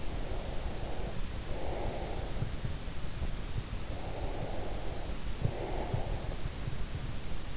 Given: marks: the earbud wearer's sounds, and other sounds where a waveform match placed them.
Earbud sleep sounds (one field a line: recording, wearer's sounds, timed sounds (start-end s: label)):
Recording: sounds in sleep by an in-ear microphone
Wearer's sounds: breath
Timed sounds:
0.03-2.53 s: breath
3.81-6.61 s: breath